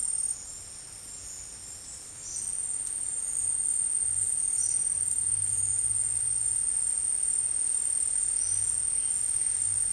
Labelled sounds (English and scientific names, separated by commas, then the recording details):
none
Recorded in secondary vegetation near Puerto Asís, Putumayo, Colombia, on 22 December 2024 at 12:30
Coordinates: 0.484, -76.319
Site GP06